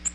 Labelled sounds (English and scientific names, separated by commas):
Nashville Warbler (Leiothlypis ruficapilla) flight call